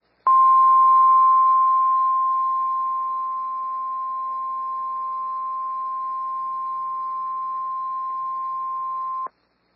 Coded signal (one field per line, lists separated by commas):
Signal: Emergency Alert System (SAME) tones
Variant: 1050 Hz attention tone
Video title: Severe Thunderstorm Warning (EAS 245)